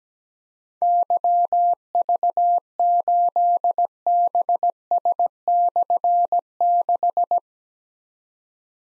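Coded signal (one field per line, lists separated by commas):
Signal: Morse code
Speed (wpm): 17 wpm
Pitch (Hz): 700 Hz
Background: none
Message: YV8BS/6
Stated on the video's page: Morse practice drill of difficult call signs containing slashes at 17 wpm, each sent, spoken, then sent again.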